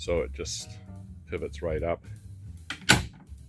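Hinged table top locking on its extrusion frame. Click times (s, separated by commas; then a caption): 2.9 s. A hinged flip-out table top on an aluminium extrusion frame in a van is pivoted up while someone talks. A sharp hit at 2.9 s marks it locking into its raised position.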